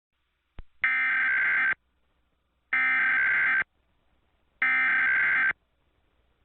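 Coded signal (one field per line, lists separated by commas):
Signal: Emergency Alert System (SAME) tones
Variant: header bursts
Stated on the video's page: Fictional EAS scenario of a missile attack, not for over-the-air play.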